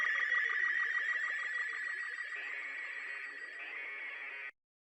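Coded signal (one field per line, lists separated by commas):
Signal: SSTV (slow-scan television)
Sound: rapid warbling tones around 2 kHz with steady quick clicks underneath, ending abruptly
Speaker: now that you've got your video with the recording of the sstv signal I've got it right here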